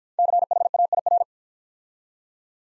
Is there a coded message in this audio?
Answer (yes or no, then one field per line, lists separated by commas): yes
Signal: Morse code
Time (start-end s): 0.2-1.2 s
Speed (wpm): 50 wpm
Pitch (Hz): 700 Hz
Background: none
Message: CHAIR